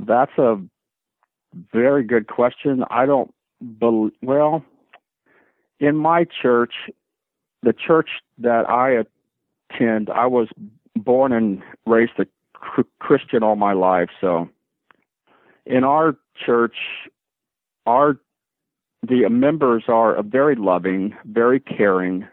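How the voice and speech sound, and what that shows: Adult man who stutters speaks with long mid-phrase pauses, stretched sounds and fillers, consistent with stuttering.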